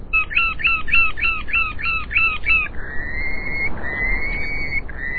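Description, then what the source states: Purple Sandpiper song: a fast series of several hooked notes, then long, steady whistled notes. Atlantic sandpiper of windswept, storm-tossed rocky jetties and boulders, foraging amid salt spray rather than mudflats; song, not normally given in winter on the jetties.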